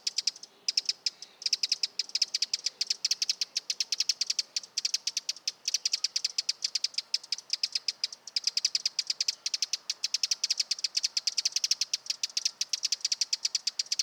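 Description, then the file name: Eurasian wren sounding a sustained churring rattle of fast, clicking ticks that continues steadily from start to finish. "Troglodytes troglodytes"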